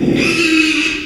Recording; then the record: squeal of a Yucatan mini pig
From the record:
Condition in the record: after surgery on the right vocal fold (resection and tissue-engineered implant); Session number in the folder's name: 1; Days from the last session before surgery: 6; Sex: male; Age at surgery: 12 weeks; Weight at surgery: 13 kg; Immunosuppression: cyclosporine, prednisolone